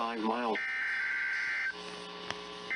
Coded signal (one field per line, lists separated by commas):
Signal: Emergency Alert System (SAME) tones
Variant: header bursts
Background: speech